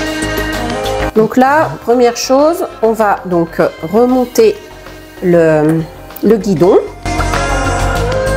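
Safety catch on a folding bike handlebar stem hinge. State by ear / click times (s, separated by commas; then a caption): not seated / none. Music plays while someone talks as the folding handlebar stem of an Evercross EK6 folding e-bike is about to be raised and locked by its metal safety catch at the stem hinge. Nothing has seated or clicked yet; the clip ends just before the catch clips in.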